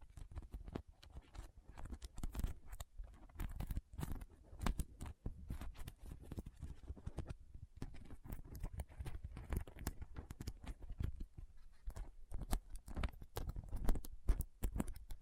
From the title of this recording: Soft Squishy Sticky, Crinkle, Cutting Sounds